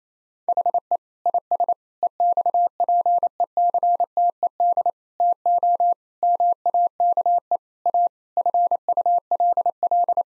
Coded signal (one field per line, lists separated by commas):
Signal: Morse code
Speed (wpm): 28 wpm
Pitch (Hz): 700 Hz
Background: none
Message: HE IS EXPECTED TO MAKE A FULL